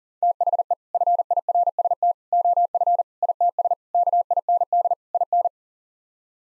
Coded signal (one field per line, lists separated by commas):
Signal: Morse code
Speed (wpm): 40 wpm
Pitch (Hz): 700 Hz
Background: none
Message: THE FIRST OF ITS KIND IN